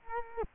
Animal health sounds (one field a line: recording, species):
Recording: mosquito wingbeat signal from an infrared sensor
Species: Culex quinquefasciatus